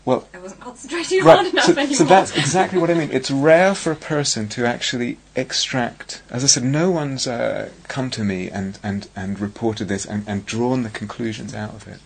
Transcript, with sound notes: I wasn't concentrating, or what! [laughs]
So that's exactly what I mean. It's rare for a person to actually extract -- as I said, no one's come to me and reported this and drawn the conclusions out of it.